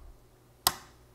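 A Torx retention screw for a CPU socket is pressed down and turned backwards until its thread drops into the start of the socket thread. A single sharp click is heard at 0.7 s against quiet background, fading quickly. The screw thread is seated and lined up.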